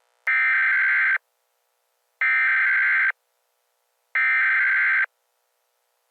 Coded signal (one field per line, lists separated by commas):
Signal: Emergency Alert System (SAME) tones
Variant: header bursts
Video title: EAS Scenario 1 Snack-A-Pacolypse